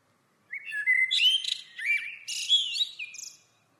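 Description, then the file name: Common blackbird song: one continuous phrase of mellow fluted warbling mixed with thin, squeaky high twitters. "Turdus merula"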